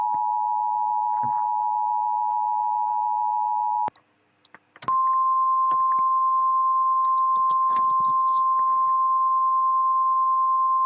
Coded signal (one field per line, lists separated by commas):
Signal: Emergency Alert System (SAME) tones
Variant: 853 and 960 Hz attention tone